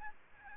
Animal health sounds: mosquito wingbeat signal from an infrared sensor; Aedes albopictus

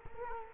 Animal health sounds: mosquito wingbeat signal from an infrared sensor; Culex quinquefasciatus

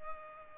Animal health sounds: mosquito wingbeat signal from an infrared sensor; Culex pipiens

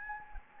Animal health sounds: mosquito wingbeat signal from an infrared sensor; Anopheles gambiae

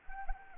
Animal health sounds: mosquito wingbeat signal from an infrared sensor; Anopheles arabiensis

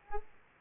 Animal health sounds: mosquito wingbeat signal from an infrared sensor; Aedes aegypti

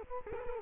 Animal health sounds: mosquito wingbeat signal from an infrared sensor; Culex quinquefasciatus

